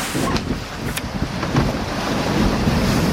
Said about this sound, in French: Les sauveteurs australiens sont enfin là. Comme convenu, ils mettent rapidement à l'eau un petit canot à moteur hors bord et se dirigent vers Generali.